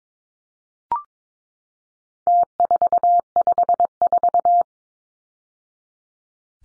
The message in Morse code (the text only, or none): T454